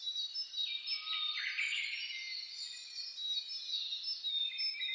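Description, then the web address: Birds in a dawn chorus, many high chirps and trills overlapping with a thin steady whistle, plus one lower whistled note early on. Dawn chorus (reimei) of birdsong (saezuri), recorded 10 May 2010. "reimei DH-D 50-saezuri-20100510"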